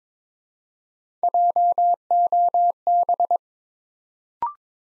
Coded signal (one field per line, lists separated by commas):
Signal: Morse code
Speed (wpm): 22 wpm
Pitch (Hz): 700 Hz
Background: none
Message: JOB